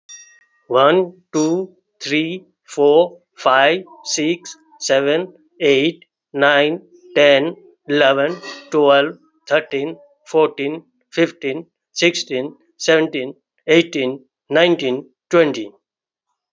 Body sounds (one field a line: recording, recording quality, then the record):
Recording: counting at a normal pace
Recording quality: excellent, no background noise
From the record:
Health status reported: healthy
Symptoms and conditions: diabetes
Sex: male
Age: 55 years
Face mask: not worn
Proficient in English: yes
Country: India